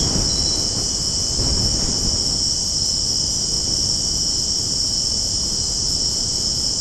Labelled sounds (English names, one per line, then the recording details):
none
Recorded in secondary vegetation near Puerto Asís, Putumayo, Colombia, on 21 February 2024 at 02:30
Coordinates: 0.489, -76.322
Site G6419